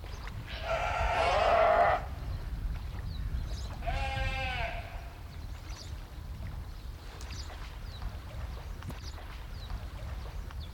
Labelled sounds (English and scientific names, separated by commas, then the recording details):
Brown Fur Seal (Arctocephalus pusillus) call
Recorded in captivity
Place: Zoo Berlin, Berlin, DE
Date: 1995-04-01 12:35
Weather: bedeckt - heiter, 6 - 8°C, böiger Wind
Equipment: Marantz CP 430, Sennheiser ME 80, Kopie Uher Variocord 263
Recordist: Tembrock, Günter